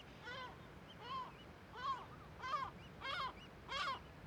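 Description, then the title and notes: Gull alarm calling: six grating, nasal notes in quick succession over soft background noise. Kunoy, Faroe Islands, above the Viðarlundin forest in a huge cirque; gulls and other birds alarmed by the recordist; quadraphonic recording, MixPre6II with DPA 4021/4022 microphones. "Le Palais des mouettes . Grand Cirque . Kunoy, Îles Féroé. Iles Féroé, KUNOY, nous sommes au dessus la forêt de Viðarlundin í Kunoy, le Cirque est énorme et les mouettes et autres oiseaux se mettent en alerte"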